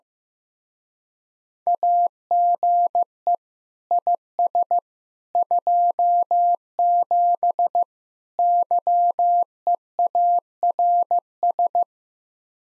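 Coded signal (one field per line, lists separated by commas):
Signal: Morse code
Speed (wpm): 15 wpm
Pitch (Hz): 700 Hz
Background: none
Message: AGE IS 27 YEARS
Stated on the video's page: Morse code speed-racing drill of common QSO phrases, starting fast and slowing to a 15 wpm base speed.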